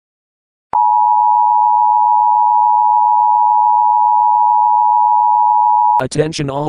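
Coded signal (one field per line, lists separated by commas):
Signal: Emergency Alert System (SAME) tones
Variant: 853 and 960 Hz attention tone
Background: speech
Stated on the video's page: Fake alert.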